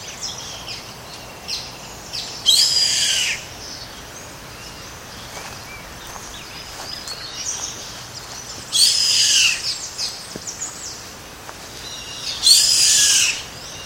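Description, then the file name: Yellow-headed caracara repeating harsh, hoarse screams, three in total spaced several seconds apart, with weak scratchy sounds in between. Comandatuba, Bahia, Brazil, 29 January 2013. "Milvago-chimachima-IComandatuba BA-Br-29-1-13-ASilveira"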